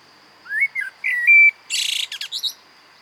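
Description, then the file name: Common blackbird song: rising and level fluted whistles, then a burst of harsh high twittering and squeaks, over a steady high-pitched hum. "Turdus merula"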